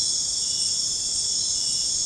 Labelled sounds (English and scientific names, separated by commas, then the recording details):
none
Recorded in dense forest near Puerto Asís, Putumayo, Colombia, on 23 June 2025 at 20:00
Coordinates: 0.486, -76.317
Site G065